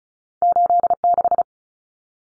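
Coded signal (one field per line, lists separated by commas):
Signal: Morse code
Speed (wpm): 34 wpm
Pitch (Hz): 700 Hz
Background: none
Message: 86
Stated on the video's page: Head-copy drill of common two-digit cut numbers at 35 wpm, T, A, N standing for 0, 1, 9; each number sent, spoken, then sent again.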